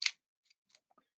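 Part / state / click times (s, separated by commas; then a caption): fiber cleaner tool pushed onto a fiber optic connector end / seated / 0.1 s. A push-type "one click" fiber optic cleaner is pressed onto the end of a fiber optic connector until its mechanism actuates, cleaning the connector as it goes in. A bright, sharp click sounds at 0.1 s, followed by a few much fainter small ticks around 0.5, 0.8 and 1.0 s. The cleaner clicks fully onto the connector.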